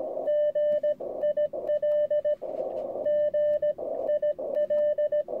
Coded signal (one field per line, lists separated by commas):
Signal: Morse code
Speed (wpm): 17 wpm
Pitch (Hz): 600 Hz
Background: radio noise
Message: GIL G IL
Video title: Radio au Plateau de Caussols Avec Luc et Les Copains en Fréquence.